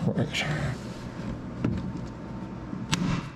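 An under-cabinet light part is pushed into its mount; after a partial attempt, with a softer knock near 1.7 s, it is pushed again and snaps home with a sharp click at 2.9 s. Someone talks before and after. The part is seated.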